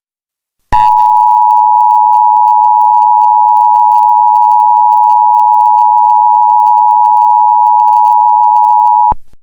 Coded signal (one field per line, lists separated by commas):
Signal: Emergency Alert System (SAME) tones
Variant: 853 and 960 Hz attention tone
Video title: hurricane Diana eas (fake)